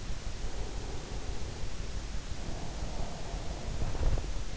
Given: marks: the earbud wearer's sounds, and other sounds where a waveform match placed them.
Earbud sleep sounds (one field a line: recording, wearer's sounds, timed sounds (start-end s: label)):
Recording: sounds in sleep by an in-ear microphone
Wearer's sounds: breath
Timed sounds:
0.19-4.34 s: breath